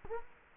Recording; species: mosquito wingbeat signal from an infrared sensor; Culex quinquefasciatus